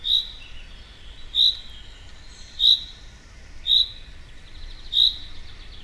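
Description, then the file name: Common chaffinch giving a single high call note again and again, five times, spaced roughly every 1.2 seconds against light background noise. "Fringilla coelebs"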